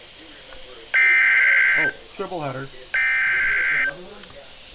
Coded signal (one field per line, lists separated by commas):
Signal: Emergency Alert System (SAME) tones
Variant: header bursts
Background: speech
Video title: NOAA - Real EAS #214 - 216